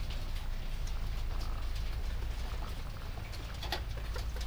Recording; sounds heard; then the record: poultry house recording; sick chickens (respiratory disease)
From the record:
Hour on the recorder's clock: 23